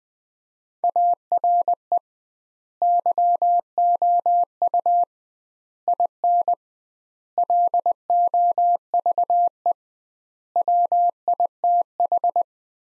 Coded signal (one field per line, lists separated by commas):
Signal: Morse code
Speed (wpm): 20 wpm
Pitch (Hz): 700 Hz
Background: none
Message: ARE YOU IN LOVE WITH